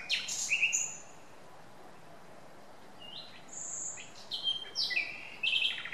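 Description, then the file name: Common nightingale song: scattered varied phrases of whistles, chirps and short trills separated by pauses. "Luscinia megarhynchos"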